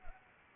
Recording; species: mosquito wingbeat signal from an infrared sensor; Anopheles arabiensis